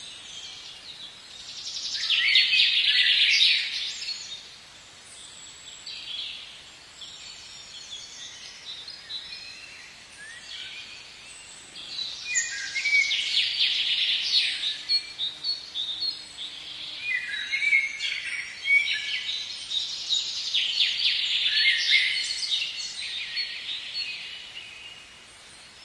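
Spring birds sing in the outer suburbs, a dense chorus of bright chirps and trills that swells strongly around three seconds, then returns in busy bursts from about twelve seconds onward. A faint low hum sits underneath between twelve and seventeen seconds.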